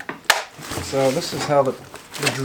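A cordless tool battery is pushed onto its charger, making a short clatter and then one sharp knock at 0.3 s as it is forced into the seat, the plastic almost forced out of the way to get into place. The battery is seated, and then someone talks.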